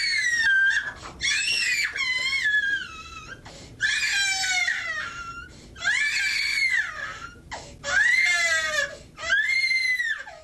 The sound of a baby with colic is worse. Imagine living with that soundtrack for 3 hours a day, or five, or 10, for 2 months straight.